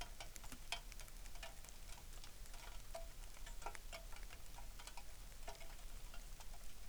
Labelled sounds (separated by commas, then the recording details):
rain
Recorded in the Arctic National Wildlife Refuge, Alaska, on 3 August 2019
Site 33